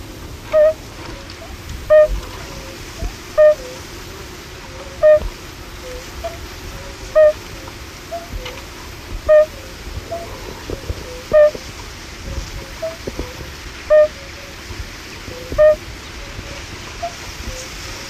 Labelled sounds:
Fire-Bellied Toad (Bombina bombina) call
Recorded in the wild
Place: Illmitz, AT
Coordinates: 47.7544, 16.7631
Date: 1964-05-18 16:45
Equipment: Uher Report 4000, AKG D190
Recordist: Krey, Winfried

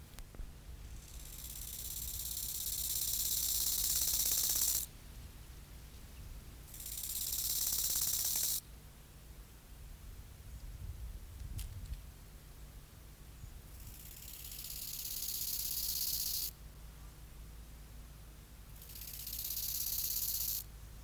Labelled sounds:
Bow-winged Grasshopper (Chorthippus biguttulus) stridulation
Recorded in the wild
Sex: male
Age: imago
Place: Treuchtlingen, Naturpark Altmühltal, Bayern, DE
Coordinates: 48.96, 10.91
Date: 1993-09-19 11:43
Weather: 16,5°C, Sonnig
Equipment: Marantz CP 430, Sennheiser MKH 416 T, Kopie Uher Variocord 263
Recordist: Tembrock, Günter
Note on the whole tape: Stridulation, sehr gut, längere Strecke; Weibchen kommt dazu; 16,5°C

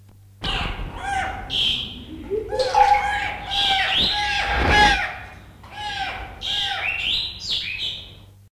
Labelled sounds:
Olive Oropendola (Psarocolius bifasciatus) call
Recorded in captivity
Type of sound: call
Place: Zoo Berlin, Berlin, DE
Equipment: Halbspur, 9,5 cm/s
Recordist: Lütgens, Hans
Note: Nur aufgeregtes Schreien, als sie angegriffen werden

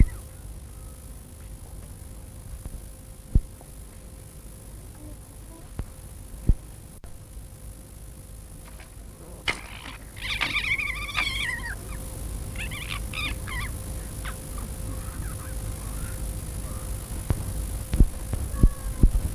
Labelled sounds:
Corsac Fox (Vulpes corsac)
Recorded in captivity
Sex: pair
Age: adult
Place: Zoopark Erfurt, Thüringen, DE
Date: 1962-08-16 16:00
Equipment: Minifon, Kopie Smaragd
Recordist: Tembrock, Günter
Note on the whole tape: Begegnungslaute zwischen einem Paar; Winseln, Keckern, Knurren und Stoßlaute. Abstand ca. 3 m

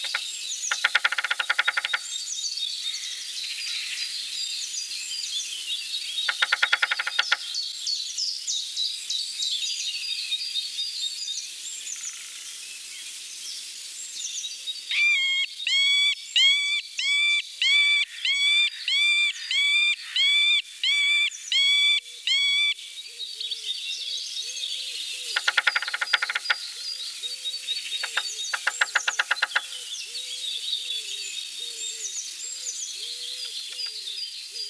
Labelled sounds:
Middle Spotted Woodpecker (Dendrocopos medius) song
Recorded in the wild
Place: Jägerhof / Breisach am Kaiserstuhl, Baden-Württemberg, DE
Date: 1984-04-20
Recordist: Schwarz, Dieter

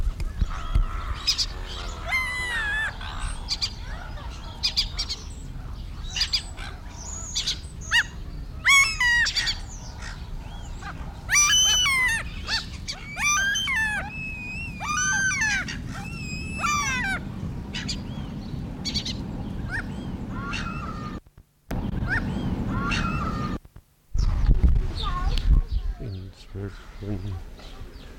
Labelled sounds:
Common Gull (Larus canus) call
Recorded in captivity
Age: adult
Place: Tierpark Berlin, Berlin, DE
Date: 1994-06-18 10:16
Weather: bedeckt, 12-15°C, dann Regen
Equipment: Marantz CP 430, Sennheiser ME 80, Kopie Uher Variocord 263
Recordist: Tembrock, Günter

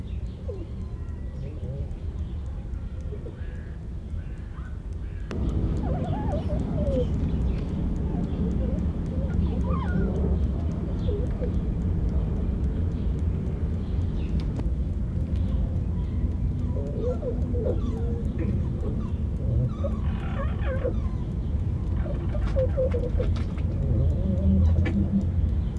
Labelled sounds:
Corsac Fox (Vulpes corsac)
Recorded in captivity
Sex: group
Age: adult
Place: Zoo Halle, Sachsen-Anhalt, DE
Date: 1976-07-26 18:30
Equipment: Uher CR 210, Sennheiser MD 421 HL, Verstärker, Kopie Uher Variocord
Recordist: Tembrock, Günter

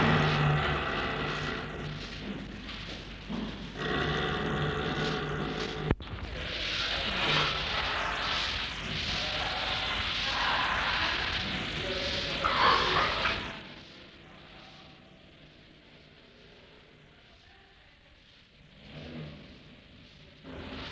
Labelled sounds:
Snow Leopard (Uncia uncia)
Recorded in captivity
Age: adult
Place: Tierpark Berlin, Berlin, DE
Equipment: Englisches Reportergerät
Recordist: Altmann, Dagmar

